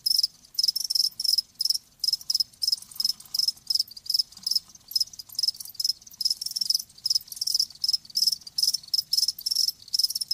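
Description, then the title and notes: Cricket chirping in short bursts, several each second, bright and high. Live crickets chirping with a lulling song. "Live Crickets Chirping. RainManCJ"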